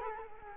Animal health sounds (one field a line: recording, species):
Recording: mosquito wingbeat signal from an infrared sensor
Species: Culex quinquefasciatus